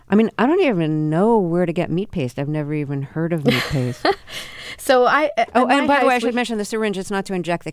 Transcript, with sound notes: I mean, I don't even know where to get meat paste. I've never even heard of meat paste.
(Laughter) So I...
Oh, and, by the way, I should mention the syringe, it's not to inject the cat.